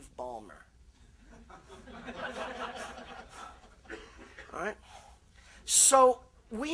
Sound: laughter